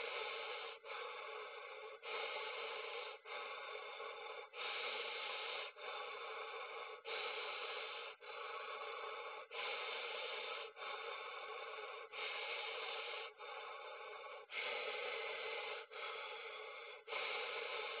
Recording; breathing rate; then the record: paced breathing near a phone; 24 breaths a minute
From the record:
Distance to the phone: 20 cm